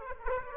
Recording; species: mosquito wingbeat signal from an infrared sensor; Aedes aegypti